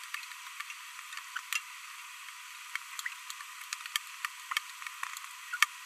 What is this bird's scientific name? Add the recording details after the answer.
Forpus passerinus. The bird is a female. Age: 22 days. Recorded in a nest box in Venezuela. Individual 17B42B1